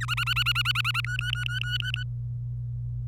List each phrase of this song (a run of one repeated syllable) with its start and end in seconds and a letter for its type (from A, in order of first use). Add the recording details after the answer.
0.01-1.00 A, 1.04-2.04 B. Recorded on 25 April 2018 at 14:51. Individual llb3